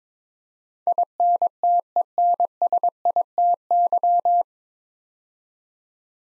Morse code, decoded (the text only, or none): INTENSITY